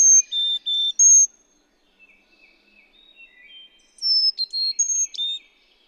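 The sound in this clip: Carolina chickadee song of sweet whistled notes that alternate high and low, heard at the start and again near the end, soft twittering between.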